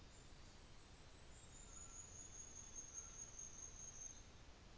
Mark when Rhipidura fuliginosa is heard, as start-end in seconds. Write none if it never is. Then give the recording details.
0.03-4.37. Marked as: faintness 1/5. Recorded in New Zealand on 24 December 2018. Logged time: 15:00